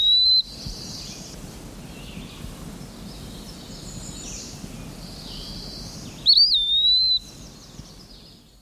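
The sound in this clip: Eastern wood-pewee singing a high, clear, slurred whistle, with one note at the start and a longer wavering phrase near the end.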